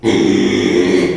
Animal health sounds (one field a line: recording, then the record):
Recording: squeal of a Yucatan mini pig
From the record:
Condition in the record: after surgery on the right vocal fold (resection and tissue-engineered implant)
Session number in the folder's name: 2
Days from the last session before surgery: 13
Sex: male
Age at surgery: 12 weeks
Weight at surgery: 13 kg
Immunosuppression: cyclosporine, prednisolone